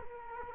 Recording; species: mosquito wingbeat signal from an infrared sensor; Culex quinquefasciatus